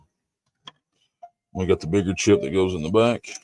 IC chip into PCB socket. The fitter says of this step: And when they pop into place, you can actually hear it pop.